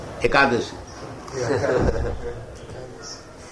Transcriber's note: laughter